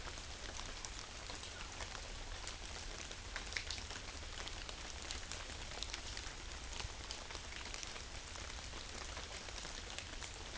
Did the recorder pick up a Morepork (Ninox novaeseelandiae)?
no